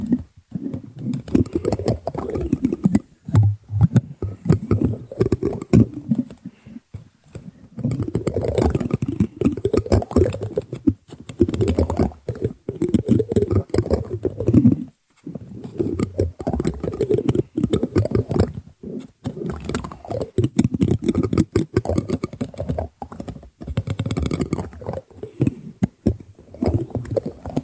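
Small spoons clatter and click rapidly and densely, like fast tapping. The clicking comes in long bursts separated by brief silences, around 3, 7, 15 and 23 seconds, with the sound sitting mostly in the low-middle range.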